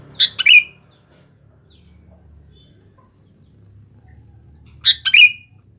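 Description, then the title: Sooty-headed bulbul song: a short, bubbly phrase given at the start and repeated about five seconds later, with a low hum underneath. "Kutilang"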